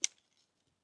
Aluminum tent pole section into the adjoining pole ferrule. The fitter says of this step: give that a quick snap into place work my way down